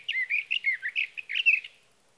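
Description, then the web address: Sage thrasher song, a fast steady stream of warbled, slurred whistle phrases for nearly two seconds, with no other sounds. "birdsongforthecurious Sage Thrasher"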